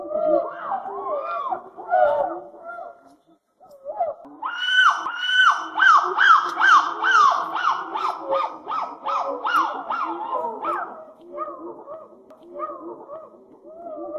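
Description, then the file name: Monkey calls: wavering hoots at first, a short pause, then a loud burst of rapid, harsh repeated cries that slows into softer arched calls. "Sonido del Mono"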